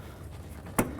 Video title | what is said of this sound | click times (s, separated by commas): How to Replace Fuel Pump 08-12 Jeep Liberty | to connect them in give them a tug as soon as you press them in you hear a click give | 0.8 s